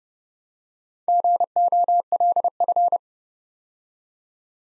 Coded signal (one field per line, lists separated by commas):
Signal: Morse code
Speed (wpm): 30 wpm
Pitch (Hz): 700 Hz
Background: none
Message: GOLF